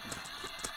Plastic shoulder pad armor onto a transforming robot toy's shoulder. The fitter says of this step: clicked into place line up the face